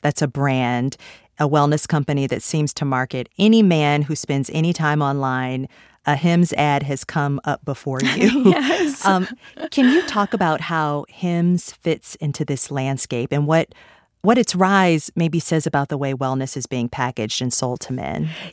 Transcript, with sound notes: That's a brand, a wellness company that seems to market - any man who spends any time online, a Hims ad has come up before you.
(Laughter) Yes.
Can you talk about how Hims fits into this landscape and what its rise maybe says about the way wellness is being packaged and sold to men?